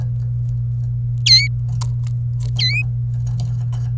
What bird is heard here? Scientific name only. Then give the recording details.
Serinus canaria. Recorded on 26 April 2018 at 16:19. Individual llb3